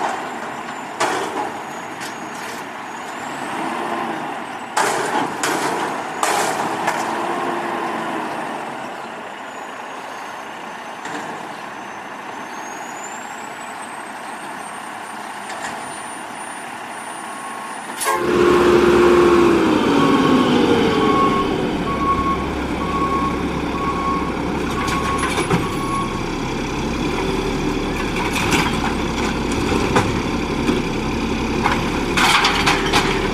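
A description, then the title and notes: Garbage truck engine idles steadily with scattered clanks, then at eighteen seconds a louder low rumble kicks in with whining mechanical tones and beeps. Garbage Trucks.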